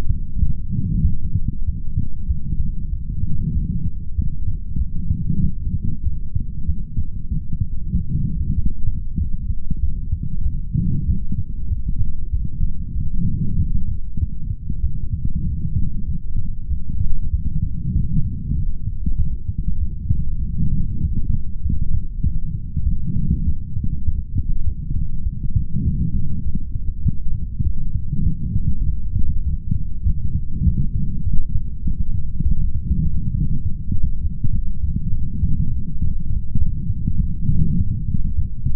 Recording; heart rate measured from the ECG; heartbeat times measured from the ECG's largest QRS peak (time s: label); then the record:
heart sounds by stethoscope; 98 bpm
0.39 s: heartbeat
1.02 s: heartbeat
1.65 s: heartbeat
2.27 s: heartbeat
2.90 s: heartbeat
3.53 s: heartbeat
4.16 s: heartbeat
4.78 s: heartbeat
5.41 s: heartbeat
6.03 s: heartbeat
6.66 s: heartbeat
7.29 s: heartbeat
7.92 s: heartbeat
8.55 s: heartbeat
9.18 s: heartbeat
9.80 s: heartbeat
10.43 s: heartbeat
11.06 s: heartbeat
11.68 s: heartbeat
12.31 s: heartbeat
12.93 s: heartbeat
13.56 s: heartbeat
14.19 s: heartbeat
14.81 s: heartbeat
15.44 s: heartbeat
16.06 s: heartbeat
16.68 s: heartbeat
17.31 s: heartbeat
17.93 s: heartbeat
18.55 s: heartbeat
19.17 s: heartbeat
19.78 s: heartbeat
20.40 s: heartbeat
21.01 s: heartbeat
21.62 s: heartbeat
22.23 s: heartbeat
22.84 s: heartbeat
23.44 s: heartbeat
24.04 s: heartbeat
24.64 s: heartbeat
25.24 s: heartbeat
25.84 s: heartbeat
26.43 s: heartbeat
27.03 s: heartbeat
27.63 s: heartbeat
28.23 s: heartbeat
28.84 s: heartbeat
29.44 s: heartbeat
30.04 s: heartbeat
30.64 s: heartbeat
31.24 s: heartbeat
31.84 s: heartbeat
32.43 s: heartbeat
33.03 s: heartbeat
33.63 s: heartbeat
34.22 s: heartbeat
34.81 s: heartbeat
35.40 s: heartbeat
35.99 s: heartbeat
36.58 s: heartbeat
37.18 s: heartbeat
37.77 s: heartbeat
38.35 s: heartbeat
From the record:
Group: healthy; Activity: light exercise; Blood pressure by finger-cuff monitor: 162/128 mmHg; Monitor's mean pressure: 140 mmHg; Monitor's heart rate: 98 bpm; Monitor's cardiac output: 4.1 L/min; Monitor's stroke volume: 42 mL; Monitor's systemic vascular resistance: 2590 dyn s/cm5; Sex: male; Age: 55 years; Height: 167 cm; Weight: 57.2 kg